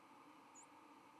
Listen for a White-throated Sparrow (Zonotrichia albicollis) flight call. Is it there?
no